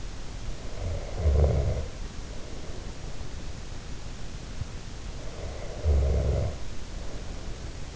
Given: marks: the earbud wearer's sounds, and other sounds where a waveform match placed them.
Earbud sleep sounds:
sounds in sleep by an in-ear microphone; snoring breath
0.48-3.56 s: snoring breath
5.30-7.96 s: snoring breath

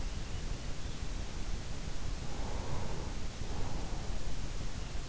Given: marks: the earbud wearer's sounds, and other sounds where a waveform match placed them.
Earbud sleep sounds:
sounds in sleep by an in-ear microphone; breath
2.49-3.69 s: breath

